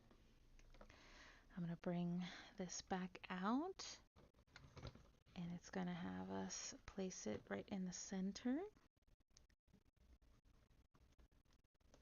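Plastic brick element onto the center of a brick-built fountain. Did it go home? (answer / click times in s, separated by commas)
no / none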